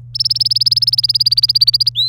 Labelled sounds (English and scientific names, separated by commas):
Domestic Canary (Serinus canaria) song